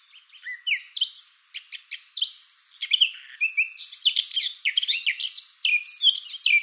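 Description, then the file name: Eurasian blackcap singing nonstop: a brisk, richly varied warble of sliding whistles and sharp twittering notes running throughout. "Sylvia atricapilla"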